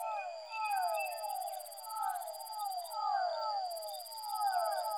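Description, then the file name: Fischer's dwarf frog chorus: a steady run of downward-sliding whines, one after another, beneath an insistent high buzzing that pauses briefly midway. Soundscape composition built from amphibian vocalizations. "soundscape with amphibian vocalizations of physalaemus fischeri"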